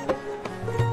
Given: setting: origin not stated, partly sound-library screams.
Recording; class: one-second piece from a danger detection set; normal situation